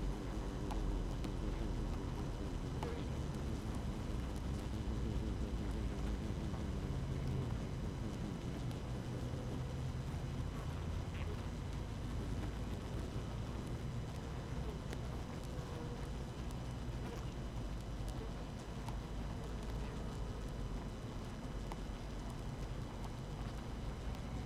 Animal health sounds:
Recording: honeybee colony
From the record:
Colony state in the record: active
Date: 12 June 2018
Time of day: 6:38

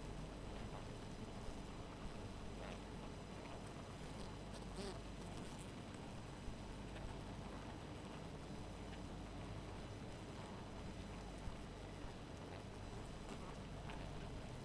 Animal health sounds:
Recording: honeybee colony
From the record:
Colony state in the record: missing queen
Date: 14 July 2017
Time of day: 2:35

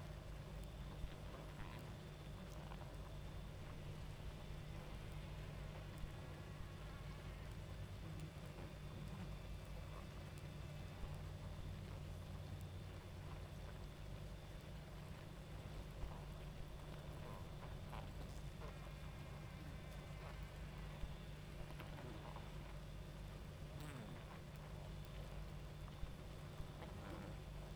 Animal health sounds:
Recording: honeybee colony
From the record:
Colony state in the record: active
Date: 28 July 2017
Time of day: 23:20

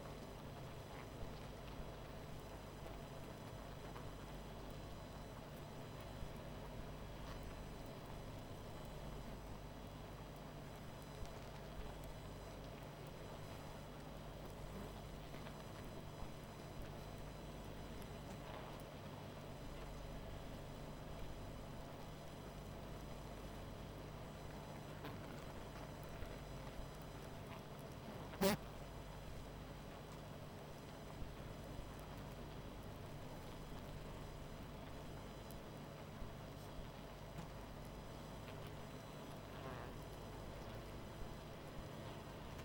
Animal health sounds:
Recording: honeybee colony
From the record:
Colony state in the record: missing queen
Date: 14 July 2017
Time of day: 20:30

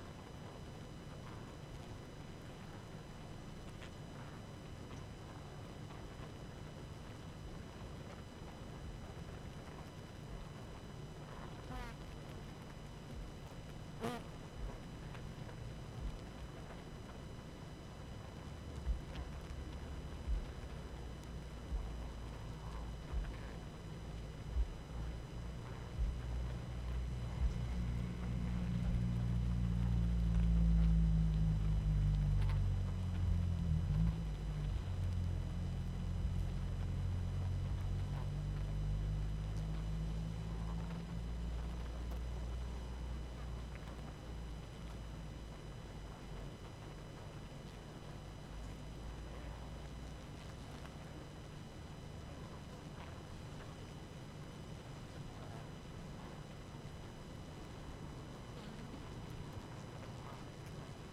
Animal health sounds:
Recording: honeybee colony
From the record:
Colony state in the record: active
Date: 12 June 2018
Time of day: 19:42

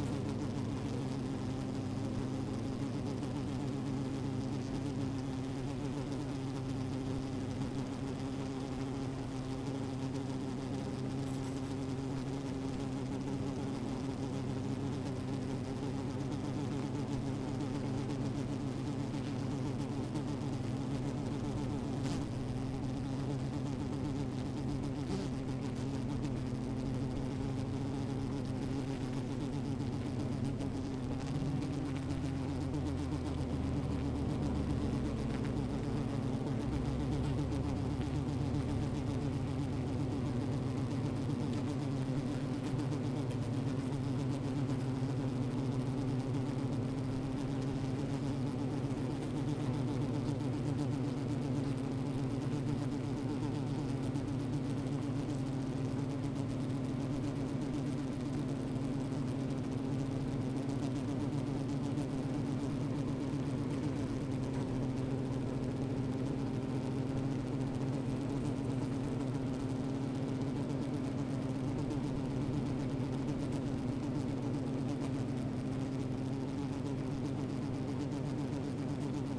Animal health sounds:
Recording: honeybee colony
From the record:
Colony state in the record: active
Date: 28 July 2017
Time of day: 12:13

